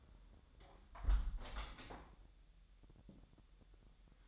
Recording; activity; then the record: daily activity, microphone in the room; close window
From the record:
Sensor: 3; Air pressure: 1000.2 hPa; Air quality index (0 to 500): 241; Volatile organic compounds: 142 ppm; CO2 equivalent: 3988 ppm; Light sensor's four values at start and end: 10/24/10/9 and 10/23/9/9